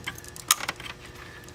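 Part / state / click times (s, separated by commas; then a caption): spa pump power connector into control box pump 1 socket / seated / 0.5 s. A spa pump cable's plastic connector, lined up by its flat side, is pushed into the pump 1 socket on a Canadian Spa Company spa control box. Light handling ticks come before a sharp click at 0.5 s, followed by a few softer clicks and a final tick near the end. The connector is seated snugly, and it is checked with a tug on the connector, not the cord.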